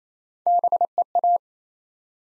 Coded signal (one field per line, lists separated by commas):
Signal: Morse code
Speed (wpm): 27 wpm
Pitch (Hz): 700 Hz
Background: none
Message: BEA